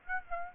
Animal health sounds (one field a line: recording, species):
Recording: mosquito wingbeat signal from an infrared sensor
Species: Aedes aegypti